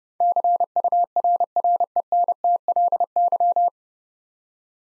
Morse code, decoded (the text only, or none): CURRENTLY